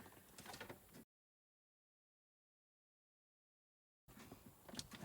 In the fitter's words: with the slides in you hear a little click and those are those tabs going in